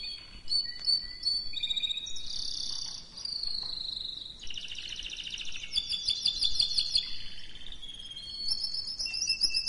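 Canary song: a varied string of bright whistled notes and fast rolling trills, shifting pitch often.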